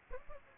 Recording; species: mosquito wingbeat signal from an infrared sensor; Aedes aegypti